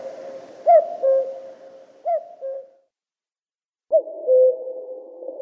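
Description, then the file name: Common cuckoo repeating a soft falling two-note cu-coo, twice in quick succession, then once more after a brief silent gap. "Kukushka"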